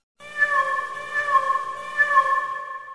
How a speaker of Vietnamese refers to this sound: Khi tới gần một cái hố còn đang âm ỉ, chúng tôi nghe thấy tiếng kêu thương tâm của một chú mèo đang bị chôn vùi giữa đống lửa.